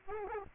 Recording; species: mosquito wingbeat signal from an infrared sensor; Aedes albopictus